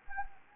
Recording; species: mosquito wingbeat signal from an infrared sensor; Anopheles arabiensis